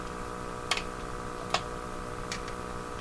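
An alignment tool, set in the slot of a stuck ferrite tuning slug inside the IF transformer of a Hallicrafters TW2000 communications receiver, is turned to try to back the slug out. It slips out of the slot with three sharp ticks at 0.7, 1.5 and 2.3 seconds over a steady hum. The tool cams out each time, the slot is stripped, and the slug does not move.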